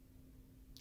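A small plastic rod piece is pressed onto the side of a plastic Bandai 0-0-0 droid model kit. After a quiet stretch with a steady low hum, a sharp, brief click sounds at 0.8 s as the piece snaps into place and seats.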